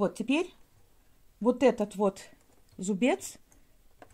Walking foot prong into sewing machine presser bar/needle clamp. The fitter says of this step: Вот решил я услышала что-то щелкнуло Значит правильно я вставила все